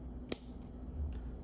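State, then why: Seated. A small clip-on clasp is pressed onto the frame of an Ambassadeur 1500C baitcasting reel during a BFS tune. A single sharp, bright snap is heard at 0.3 s over a low steady hum, followed by a few faint ticks. Its two little clips engage and the part is seated in place.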